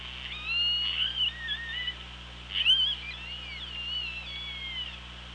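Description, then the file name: Killer whale calls, a string of harmonic tonal cries bending up and down, one sharper, louder call in the middle, others trailing off into long faint tones, steady background hum. Recorded on an OrcaLab hydrophone, 24 August 2017 at 07:46. "Orca Lab 20170824 074610"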